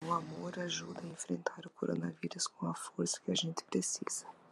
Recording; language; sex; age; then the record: spoken sentence; Brazilian Portuguese; female; 40 to 49 years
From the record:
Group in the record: control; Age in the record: 40 years